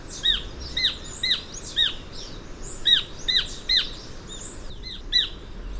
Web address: Natures Songs S America Birds of Ecuador Black-billed Treehunter